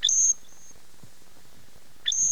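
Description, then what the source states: Loggerhead Shrike call: a thin, very high whistled note with a quick rising start, held briefly, then a second like it near the end. Recorded at Mitchell Lake.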